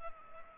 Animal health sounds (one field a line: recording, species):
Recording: mosquito wingbeat signal from an infrared sensor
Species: Culex pipiens